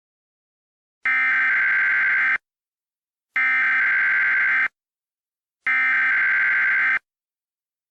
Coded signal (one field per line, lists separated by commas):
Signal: Emergency Alert System (SAME) tones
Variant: header bursts